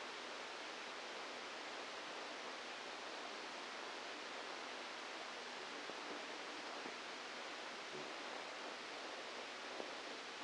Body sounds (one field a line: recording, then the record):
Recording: brain microelectrode recording played as sound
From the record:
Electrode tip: outside the subthalamic nucleus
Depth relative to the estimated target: 4 mm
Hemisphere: left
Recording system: NeuroSet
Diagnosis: Parkinson's disease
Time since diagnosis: 27 years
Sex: male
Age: 62 years